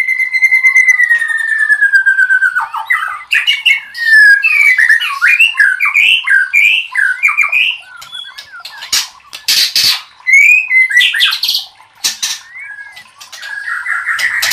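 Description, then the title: White-rumped shama song opens with a long, steady whistle that slowly falls. Varied looping whistled phrases follow, broken by bursts of sharp, noisy chatter. Cage-bird training (masteran) song. "MURAI BATU LABAIK"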